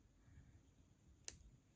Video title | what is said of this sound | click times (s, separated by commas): Making Earrings Using Pipe Chain from @silversilkandmore and Lava Beads from @JesseJamesBeads | You can hear it lock into place. | 1.3 s